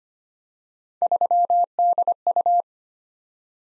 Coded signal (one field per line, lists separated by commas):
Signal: Morse code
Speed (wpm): 25 wpm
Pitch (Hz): 700 Hz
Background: none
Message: 3DU